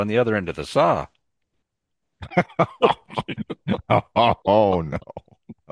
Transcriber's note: laughs